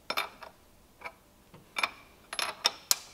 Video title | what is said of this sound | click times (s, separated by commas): How to Install: S&S Cycle Cam Chest Kit for H-D M8 Models - Part 1 | boom hopefully that was audible little click and that was our bearing releasing from inside the case | 2.9 s